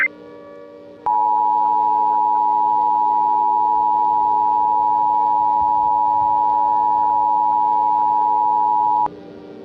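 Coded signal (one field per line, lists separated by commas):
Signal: Emergency Alert System (SAME) tones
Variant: 853 and 960 Hz attention tone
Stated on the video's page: Fictional EAS scenario alert made with generative AI voices, not a real activation.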